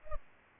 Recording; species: mosquito wingbeat signal from an infrared sensor; Culex pipiens